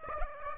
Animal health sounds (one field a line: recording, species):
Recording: mosquito wingbeat signal from an infrared sensor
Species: Aedes aegypti